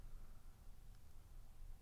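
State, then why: Not seated. Small flex cable connectors on an iPhone 4 / iPhone 4S logic board are handled after the cleaning solution has dried, ready to be pressed back on one by one during a water damage repair. Only a low, steady background hum and faint handling noise are heard, with no distinct click. Nothing has seated or clicked into place yet.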